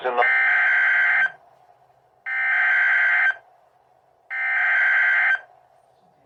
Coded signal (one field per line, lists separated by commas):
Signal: Emergency Alert System (SAME) tones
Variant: header bursts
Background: speech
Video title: HELPLESS III: THE REMNANTS OF HURRICANE BERYL - EAS Alerts from 7/9/24 #74-81